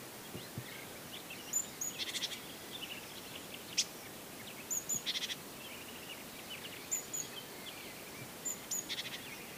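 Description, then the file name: Great tit calls: short, thin high whistled notes alternating with brief buzzy, rasping bursts, scattered throughout over a steady soft background hiss. "Parus major"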